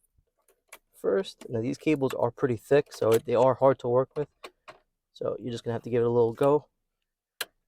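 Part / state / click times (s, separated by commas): car wiring harness connector into its mating connector behind rear console trim / seated / 7.4 s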